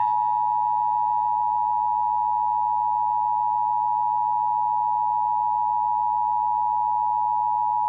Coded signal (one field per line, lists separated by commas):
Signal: Emergency Alert System (SAME) tones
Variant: 853 and 960 Hz attention tone